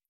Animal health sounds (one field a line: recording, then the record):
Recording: hydrophone in a shrimp aquaculture tank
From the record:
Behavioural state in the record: stressed